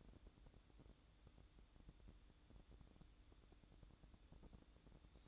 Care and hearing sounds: daily activity, microphone in the room; make coffee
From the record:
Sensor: 3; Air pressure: 1007.3 hPa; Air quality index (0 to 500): 54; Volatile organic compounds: 1 ppm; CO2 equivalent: 590 ppm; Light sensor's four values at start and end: 8/18/7/7 and 7/17/7/7

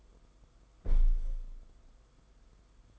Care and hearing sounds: daily activity, microphone in the room; close window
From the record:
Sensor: 5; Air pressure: 990.5 hPa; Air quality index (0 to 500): 163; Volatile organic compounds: 281 ppm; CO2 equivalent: 4439 ppm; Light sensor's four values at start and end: 18/42/17/18 and 17/41/17/18

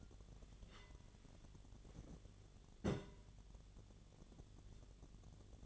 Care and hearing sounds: daily activity, microphone in the room; take from stove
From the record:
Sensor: 4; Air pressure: 1010.9 hPa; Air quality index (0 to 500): 166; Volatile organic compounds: 4 ppm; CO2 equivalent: 1692 ppm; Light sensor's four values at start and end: 41/116/46/48 and 41/116/47/48

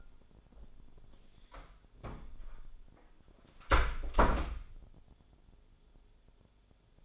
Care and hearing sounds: daily activity, microphone in the room; close door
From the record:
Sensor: 5

